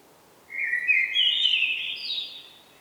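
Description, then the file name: Common blackbird singing one smooth whistled phrase that rises in steps to a higher end and then fades. "Turdus merula"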